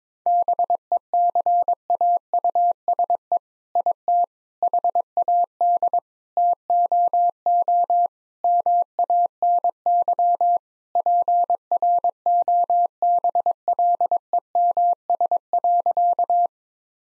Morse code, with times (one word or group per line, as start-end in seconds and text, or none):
0.3-3.4 BECAUSE
3.8-4.2 IT
4.6-6.0 HAD
6.4-8.1 TOO
8.4-10.6 MANY
11.0-16.5 PROBLEMS.